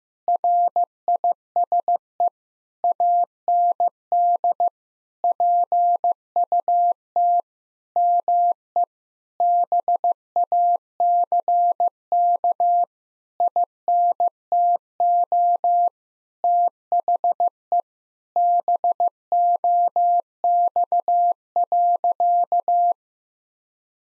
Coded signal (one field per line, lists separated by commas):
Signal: Morse code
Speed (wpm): 15 wpm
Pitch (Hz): 700 Hz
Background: none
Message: RISE AND PUT ME BACK INTO THE BOX.